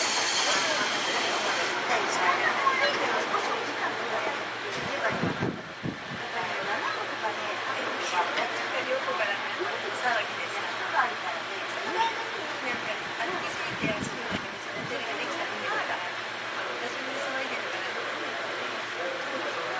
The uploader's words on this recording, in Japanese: 相鉄7000系 横浜ー大和。車体アルミ製20m長の車体。